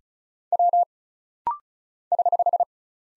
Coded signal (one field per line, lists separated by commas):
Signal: Morse code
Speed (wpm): 36 wpm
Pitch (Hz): 700 Hz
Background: none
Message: W <HH>